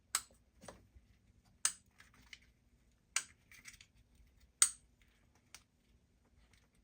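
Plastic ignition coil connectors are pushed back onto the ignition coils of a 2023 Porsche Macan 2.0L Turbo during a spark plug replacement. Four sharp, bright clicks ring out at 0.2, 1.7, 3.2 and 4.6 seconds, with fainter ticks and rustles in between. All four connectors are seated.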